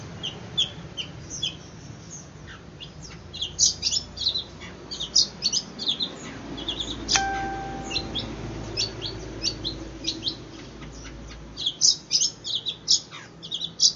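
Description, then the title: Long-tailed shrike song: rapid varied scratchy and chattering phrases, with a brief steady tone midway and a low rumble in the background. Song style called 'kombinasi' (combination). "Cendet Kombinasi"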